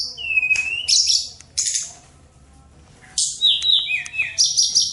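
Bird song with a smooth high whistle, bursts of harsh squeaky notes, a long pause, then falling whistled slurs and scratchy chatter.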